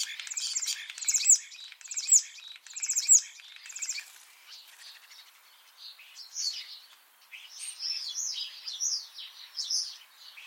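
Common starling song with rhythmic clicking rattles repeated near every second, shifting into softer jumbled warbles and squeaky notes.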